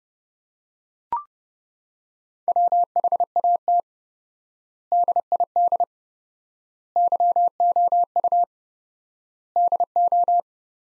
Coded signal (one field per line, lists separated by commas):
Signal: Morse code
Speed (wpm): 30 wpm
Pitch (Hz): 700 Hz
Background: none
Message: WHAT DID YOU DO